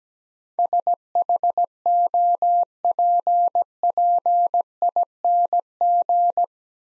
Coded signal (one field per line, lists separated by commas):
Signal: Morse code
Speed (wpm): 17 wpm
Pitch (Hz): 700 Hz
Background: none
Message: SHOPPING